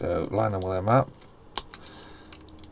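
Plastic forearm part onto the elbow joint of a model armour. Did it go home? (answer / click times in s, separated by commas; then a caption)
yes / 1.6 s. A plastic forearm part, already seated on three pegs, is pressed onto the elbow joint of an Iron Man model armour build. Someone talks for the first second, then a sharp click at 1.6 s marks the part clipping into place, followed by a few faint taps. The part is confirmed as seated.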